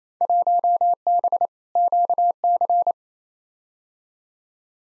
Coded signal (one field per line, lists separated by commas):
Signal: Morse code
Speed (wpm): 28 wpm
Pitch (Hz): 700 Hz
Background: none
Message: 1B QC